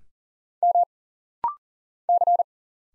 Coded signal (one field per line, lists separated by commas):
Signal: Morse code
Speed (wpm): 40 wpm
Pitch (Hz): 700 Hz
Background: none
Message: M C